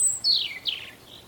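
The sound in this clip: European robin singing a brief phrase: a very high thin note, then two sliding whistles falling in pitch, fading into a quiet background.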